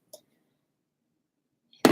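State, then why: Seated. A plastic diffuser top is spun around on its base until it seats. A faint tick is heard at 0.1 s, then near-silence, a soft scrape at 1.7 s, and a sharp, bright click at 1.9 s as the top clicks into place.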